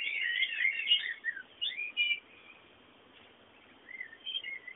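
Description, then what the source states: Bird song, a tumbling twittering burst with a few chirps, a quiet hissy gap, then a couple of short chirps. Background bird sounds.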